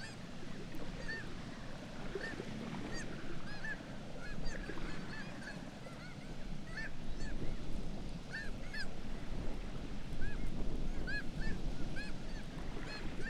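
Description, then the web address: Black-legged kittiwakes calling, many arched, nasal calls from several birds overlapping over a steady low roar. "Black legged kittiwake. صدای-پرنده-کاکایی-پاسیاه"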